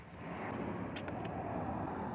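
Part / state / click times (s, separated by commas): wiring harness connector into turn signal multifunction switch / not seated / none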